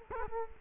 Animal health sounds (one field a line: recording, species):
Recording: mosquito wingbeat signal from an infrared sensor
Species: Culex quinquefasciatus